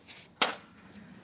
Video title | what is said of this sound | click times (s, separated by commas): So einfach kann Camping mit Travel-Tiger sein - Campingbett Schlofe | het belangrijkste hier is: je moet hoor het op zijn plaats klikken. | 0.4 s